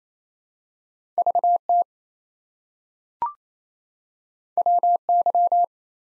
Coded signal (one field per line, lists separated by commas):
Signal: Morse code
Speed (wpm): 28 wpm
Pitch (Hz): 700 Hz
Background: none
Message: VT WY